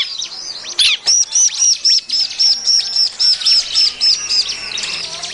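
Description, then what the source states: Bar-winged prinia song: a brisk, steady series of high whistled notes after a brief scratchy opening. Lure call for attracting these birds; described as noisy.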